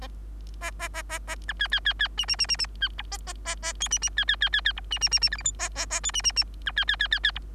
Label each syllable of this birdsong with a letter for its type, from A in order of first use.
A A A A A B C C C C D D D D D C E A A A A F D D C C C C C E D D D D G H I A A A F D D D B C C C C C E